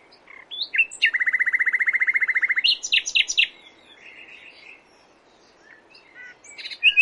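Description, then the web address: Common nightingale song with a long, fast, even rattle of repeated notes, followed by sharp chattering notes and quieter twittering. "nightingale"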